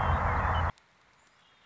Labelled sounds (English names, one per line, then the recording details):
Red-winged Blackbird
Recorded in Sonoma County, California